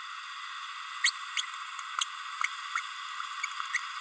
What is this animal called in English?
Green-rumped Parrotlet